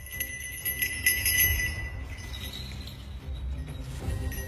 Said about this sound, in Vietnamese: Tâm Trúc lắc mạnh một cái, tiếng chuông len keng vang lên trong tai của người thường, thế nhưng nghe như là tiếng gọi hồn đối với ma quỷ.